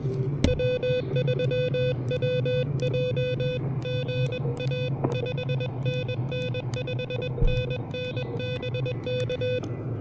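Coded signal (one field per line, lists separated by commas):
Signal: Morse code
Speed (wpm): 20 wpm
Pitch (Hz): 2500 Hz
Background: music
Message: W3WJ GA 5NN 5NN BK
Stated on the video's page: Super-portable CW park activation with an Elecraft KH1 on a right-angle antenna adapter, keyed with a pressure paddle.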